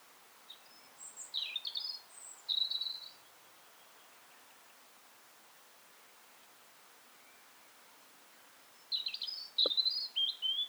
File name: Erithacus rubecula